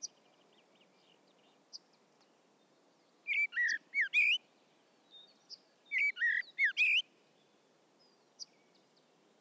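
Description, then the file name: Common blackbird song with two short phrases of mellow slurred whistles and thin high notes, quiet between them. "Turdus merula"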